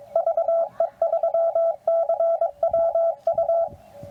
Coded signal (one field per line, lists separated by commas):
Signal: Morse code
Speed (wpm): 21 wpm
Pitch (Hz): 690 Hz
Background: radio noise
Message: VE3CWU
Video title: QRP DX: CW POTA WITH MY NEW QMX @ OLD FORT HARROD #parksontheair #cw #hamradio